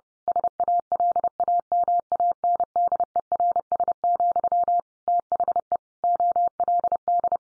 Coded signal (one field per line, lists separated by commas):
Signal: Morse code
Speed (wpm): 30 wpm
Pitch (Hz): 700 Hz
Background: none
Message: SALAMANDERS, THE OLD